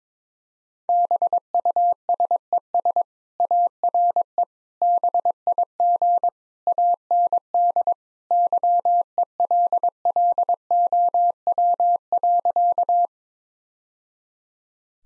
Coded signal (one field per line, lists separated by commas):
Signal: Morse code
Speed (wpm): 22 wpm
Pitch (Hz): 700 Hz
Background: none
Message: BUSES ARE BIG AND YELLOW.